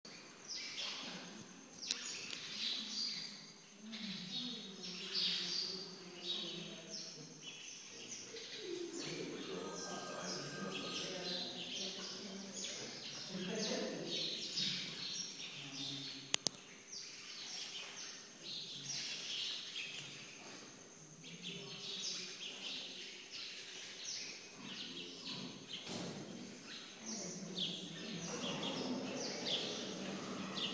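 Birds chirp and people talk in a garden, with overlapping voices murmuring through most of the stretch. Bird calls sparkle above the chatter, a thin steady tone runs throughout, and a brief sharp click stands out near sixteen seconds.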